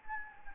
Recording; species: mosquito wingbeat signal from an infrared sensor; Anopheles gambiae